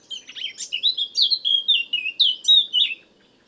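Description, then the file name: Common nightingale song, a rich run of varied warbled and chirping notes in quick succession for about three seconds, then silence. "Luscinia megarhynchos"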